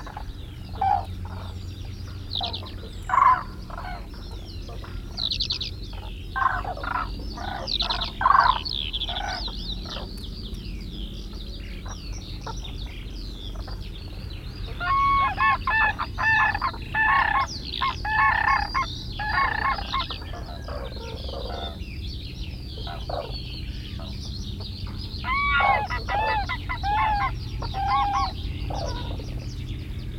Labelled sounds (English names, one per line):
Common Crane call